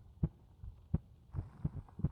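Soft, low, muffled thumps repeat at a steady pace, roughly 80 beats a minute, over a faint background hum. It is an ordinary adult woman's heartbeat heard with the ear held against her chest, with no extra sounds.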